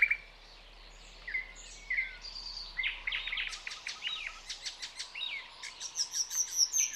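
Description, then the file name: Common nightingale giving soft whistled notes, then a run of fast repeated notes and high, thin trills; a faint low hum sits underneath early on. "Luscinia megarhynchos"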